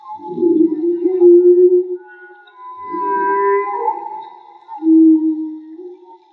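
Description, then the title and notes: Whale song: three drawn-out moans, the first rough and wavering, the middle one sliding upward, the last a clear steady tone. Whale song, underwater field recording made with DIY hydrophones; audio cleaned afterwards. "CANTO DE BALLENAS MAGMA. Grabación de campo y construcción dehidrofonos DIY: Jorge Barco. Limpieza de audio: Santiago Minotas"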